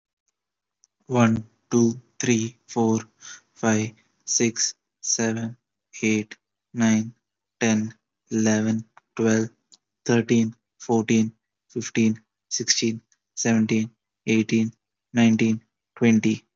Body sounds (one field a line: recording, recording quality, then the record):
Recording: counting at a normal pace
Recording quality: excellent, no background noise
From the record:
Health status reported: healthy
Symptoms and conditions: none ticked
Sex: male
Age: 23 years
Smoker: not ticked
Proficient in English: yes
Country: India